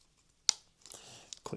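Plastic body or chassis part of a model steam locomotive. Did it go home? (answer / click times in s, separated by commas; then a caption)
yes / 0.5 s. During reassembly of a Hornby Railroad Class 9F model steam locomotive, a plastic body or chassis part is pressed onto the chassis and snaps home with a sharp, bright click at 0.5 s. A soft rustle of handling follows, with small taps around 1.3 s and 1.5 s. The part is seated.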